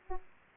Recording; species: mosquito wingbeat signal from an infrared sensor; Aedes aegypti